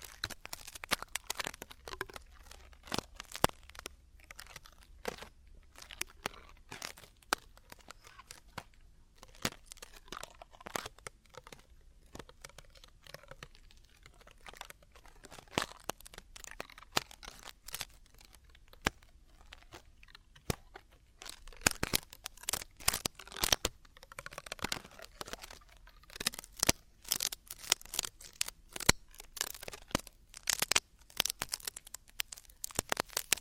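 Ear cleaning in the traditional Chinese style: a dense run of sharp scratching, crinkling and crunching clicks fills the whole 33 seconds. The clicks come in irregular bursts, thinning around the middle and growing busier and louder in the last third, over a faint low hum.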